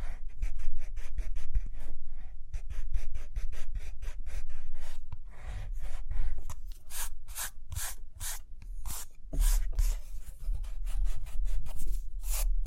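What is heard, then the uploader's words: Pencil writing and drawing on paper, a dense run of quick scratchy strokes with brighter rasping bursts after six seconds over soft low thumps. Page Turning and Tapping, Writing, Drawing.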